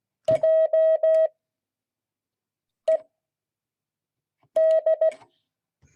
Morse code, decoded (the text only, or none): JED